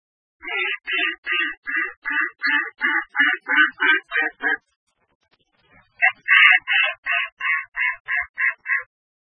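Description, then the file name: Mallard giving a rapid series of harsh, nasal quacks, about a dozen in a row, then a pause and a second run of similar quacks. "magamo"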